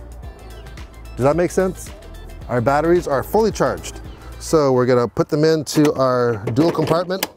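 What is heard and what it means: Fully charged lithium battery packs are handled at the dual battery compartment of an EGO 24-inch self-propelled two-stage snow blower, with faint handling knocks near 0.1, 0.7 and 0.8 seconds while someone talks. Nothing has seated or clicked into the compartment yet.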